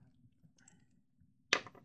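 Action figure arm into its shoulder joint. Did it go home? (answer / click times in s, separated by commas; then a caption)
yes / 1.5 s. A plastic arm of a Marvel Legends King Thor/Odin action figure is pushed back onto the figure's shoulder ball joint. After low rustling, a sharp pop at 1.5 s marks the arm seating into the joint, followed by a few faint ticks.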